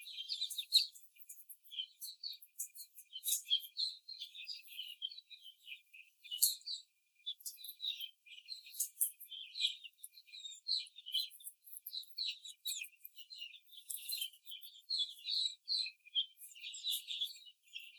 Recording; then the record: young laying hens in a cage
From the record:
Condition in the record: after the stressor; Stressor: simulated dog barking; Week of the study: 4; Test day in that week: 2